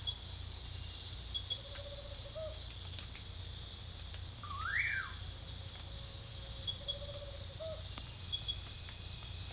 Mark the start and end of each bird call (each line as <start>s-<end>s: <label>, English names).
1.44s-2.55s: Tropical Screech-Owl
4.42s-5.12s: Short-tailed Nighthawk
6.74s-7.79s: Tropical Screech-Owl